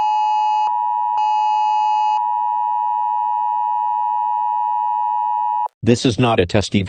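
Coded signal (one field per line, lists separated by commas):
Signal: Emergency Alert System (SAME) tones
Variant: 853 and 960 Hz attention tone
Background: speech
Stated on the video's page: EAS scenario on a zombie theme, a fictional alert.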